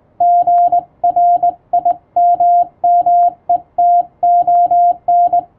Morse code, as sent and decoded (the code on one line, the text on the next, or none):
--. .-. .. -- -- . - --- -.
GRIMMETON